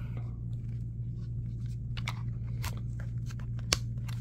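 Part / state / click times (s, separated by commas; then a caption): removable plastic piece (likely microphone boom) into headphone earcup / seated / 3.7 s. A removable plastic piece is pushed back into the earcup of Kofire UG-06 Bluetooth gaming headphones after being pulled out, over a steady low hum. Several crunchy, scraping attempts follow as it won't go back in flush. A sharp plastic click at 3.7 s marks the piece seating in place.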